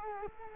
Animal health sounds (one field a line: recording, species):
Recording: mosquito wingbeat signal from an infrared sensor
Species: Culex quinquefasciatus